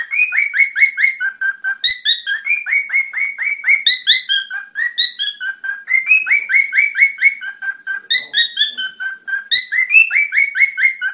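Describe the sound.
Cockatiel warbling song: rapid, repeated chirpy whistled notes with bright harmonics, rising and falling in short phrases, almost continuous with brief pauses.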